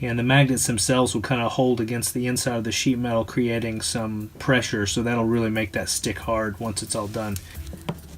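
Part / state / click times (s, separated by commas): magnetic access cover into a cut opening in the van body sheet metal / not seated / none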